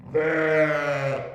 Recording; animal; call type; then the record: contact call of a hoofed animal; sheep; low-frequency (closed-mouth) or high-frequency (open-mouth) call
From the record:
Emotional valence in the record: negative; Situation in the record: short social isolation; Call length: 1.35 s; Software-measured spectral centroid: 1500 Hz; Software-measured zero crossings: 1590 a second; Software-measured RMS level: -23 dBFS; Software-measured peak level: -10 dBFS